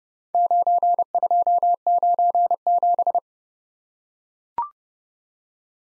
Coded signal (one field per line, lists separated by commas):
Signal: Morse code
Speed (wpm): 30 wpm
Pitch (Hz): 700 Hz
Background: none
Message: 9297